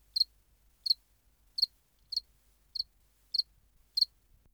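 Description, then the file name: House cricket chirping: short, high, shrill chirps repeated steadily, seven in all, with a quiet background. "Acheta domesticus"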